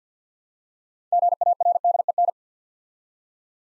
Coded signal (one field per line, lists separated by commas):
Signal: Morse code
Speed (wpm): 50 wpm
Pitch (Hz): 700 Hz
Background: none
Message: GARDEN